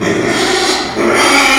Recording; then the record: squeal of a Yucatan mini pig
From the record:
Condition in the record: after surgery on the right vocal fold (resection and tissue-engineered implant); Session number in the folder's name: 2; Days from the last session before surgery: 13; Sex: male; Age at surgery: 12 weeks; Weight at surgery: 13 kg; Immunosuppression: cyclosporine, prednisolone